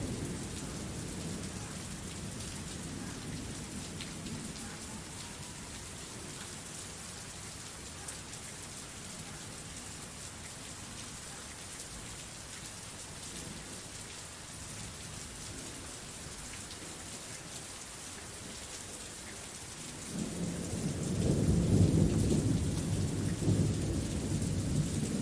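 Gentle rain falls steadily throughout, a dense, even hiss of drops across the full length. Low rumbling swells softly near the start, then a louder roll of thunder builds from about twenty seconds and carries on to the end.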